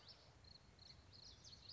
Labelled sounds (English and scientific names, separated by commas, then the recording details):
Common Yellowthroat (Geothlypis trichas)
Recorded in Sonoma County, California